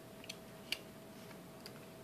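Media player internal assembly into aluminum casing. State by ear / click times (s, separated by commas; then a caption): not seated / none. The internal assembly of a 2nd generation iPod mini is slid along rails inside its anodized aluminum casing and pushed toward home, where a small retaining tab is meant to catch. Against a steady low background hiss, faint handling ticks come around 0.3 s, a sharper tick near 0.7 s and another soft one near 1.7 s. The clip ends before the part goes home, so nothing has seated or clicked yet.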